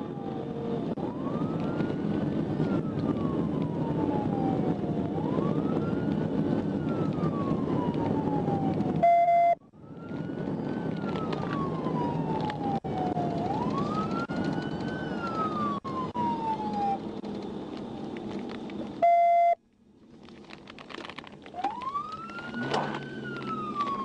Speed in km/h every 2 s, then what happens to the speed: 140, 138, 130, 127, 114, 109, 93, 61, 35, 24, 16, 35.
0-19 brakes to 16. 20-24 speeds up to 35.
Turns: none.